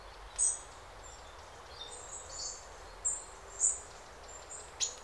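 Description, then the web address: Bird calls: short, piercing very high chips scattered irregularly, about one a second, with softer twittering between them and steady background hiss. Birds singing in a calm forest by day. "spokoynyy les dnyom poyut ptitsy"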